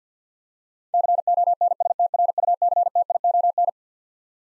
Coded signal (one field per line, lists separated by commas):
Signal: Morse code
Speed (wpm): 50 wpm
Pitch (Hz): 700 Hz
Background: none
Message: CONSTRUCTION